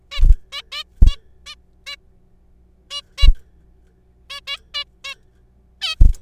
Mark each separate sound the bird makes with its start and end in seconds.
0.11-0.21, 0.53-0.62, 0.72-0.83, 1.07-1.16, 1.46-1.55, 1.87-1.96, 2.91-3.01, 3.18-3.27, 4.30-4.40, 4.47-4.57, 4.74-4.84, 5.04-5.14, 5.81-5.95